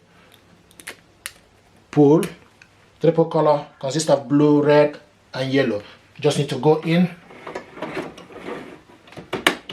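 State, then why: Seated. A tri-color ink cartridge is pushed into the carriage slot of an HP Envy Inspire 7920e printer while someone talks, with a few light plastic ticks near the start and some softer handling sounds late in the clip. It snaps home with a sharp click at 9.5 s, seating the cartridge in the carriage.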